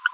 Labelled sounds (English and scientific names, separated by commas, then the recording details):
Green-rumped Parrotlet (Forpus passerinus) babbling
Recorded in a nest box in Venezuela
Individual 18B25A3